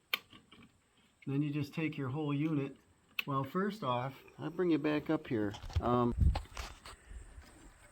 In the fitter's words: Press your cover on. Hear it click.